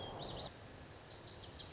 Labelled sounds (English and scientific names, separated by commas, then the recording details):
Lazuli Bunting (Passerina amoena)
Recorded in Sonoma County, California